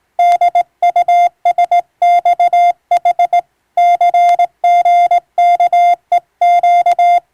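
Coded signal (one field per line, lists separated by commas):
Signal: Morse code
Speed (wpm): 20 wpm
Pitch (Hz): 700 Hz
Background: none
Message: DUSXH CGKEQ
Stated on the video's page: Morse receiving practice of maritime-style telegram traffic between ship and coast stations, sent by a first-class radiotelegraph operator.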